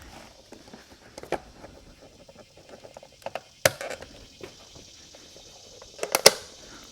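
The electrochromatic auto-dimming mirror glass backing of a 1998–2000 GM OBS SUV (Chevy and GMC) exterior mirror is pressed gently all around onto the grab tabs of the mirror motor plate. Among quiet handling noises and small taps, sharp clicks sound at 3.7 s and 6.3 s as two sides snap on. The third side does not click and is not all the way in, so the glass is only partly seated.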